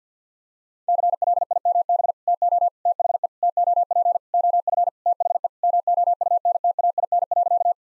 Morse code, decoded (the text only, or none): CLIMB TO THE TOP OF THE MOUNTAIN.